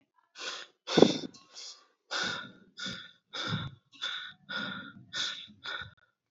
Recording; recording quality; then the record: shallow breathing; excellent, no background noise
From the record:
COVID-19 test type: RT-PCR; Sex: male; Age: 31 years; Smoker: no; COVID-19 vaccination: both doses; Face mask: not worn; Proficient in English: yes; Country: India